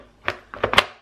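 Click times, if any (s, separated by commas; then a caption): 0.8 s. A detachable plastic piece of a Milton Combi Bottle Steriliser lid, taken apart for washing, is pushed back into the lid. A series of short, sharp plastic knocks comes at about 0.3, 0.5, 0.6 and 0.7 s, followed by the loudest snap at 0.8 s. That snap is the piece clicking back in, and it seats.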